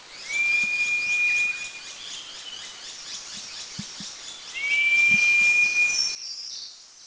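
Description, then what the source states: Purple cochoa call, two long thin level whistles, each slightly rising at the start and lasting about one and a half seconds, over a hissing background. Recorded at Eaglenest, India.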